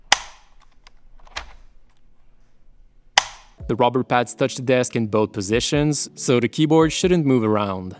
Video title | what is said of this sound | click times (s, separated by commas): Kemove 61 Snowfox 60% Mechanical Keyboard Review | these feel super solid and have a satisfying click when you set them up | 0.1 s, 3.2 s